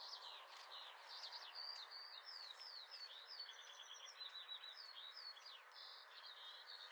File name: Sylvia atricapilla